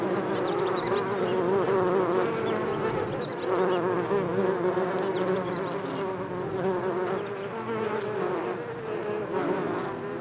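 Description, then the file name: Bees humming in a continuous wavering drone, a little louder early on, with soft crackles and clicks scattered through. "bees"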